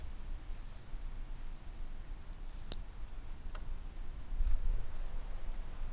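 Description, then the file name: Brachycephalus mirissimus toadlet giving a single short, high-pitched chirp-like note, with a fainter click about a second later, over low background hiss. Recorded 18 January 2018 from individual 12 at 20–50 cm; first note of the call missing; the specimen was collected. "Brachycephalus mirissimus 18 jan 18 individual 12 ex 01 20-50 cm first note missing M R Bornschein"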